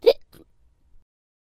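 A single sharp, abrupt vocal 'hic' is followed a moment later by a softer catch of breath, in a quiet room. This is a hiccup: a sudden involuntary spasm of the diaphragm, cut off as the vocal cords snap shut.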